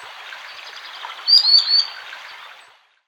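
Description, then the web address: Common sandpiper gives three short, high, piercing whistled notes in quick succession. "soud perevozchik"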